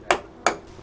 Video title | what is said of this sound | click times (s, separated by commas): UPGRADING A HOME OFFICE PC: ADDITIONAL MEMORY, SOLID STATE DISK DRIVE, and a ADDITIONAL USB 3.0 PORT | 2 clicks. And we're done. | 0.1 s, 0.5 s